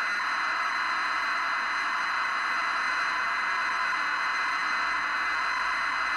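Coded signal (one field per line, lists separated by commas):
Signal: ZX Spectrum tape loading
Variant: 48k ZX Spectrum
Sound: continuous harsh buzzing screech, like rough static, steady throughout with no breaks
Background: tape hiss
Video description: Featuring real time loading from cassette tape on a 48k ZX Spectrum. Previously untested 24 year old tape.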